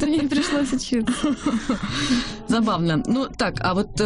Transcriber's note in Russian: все смеются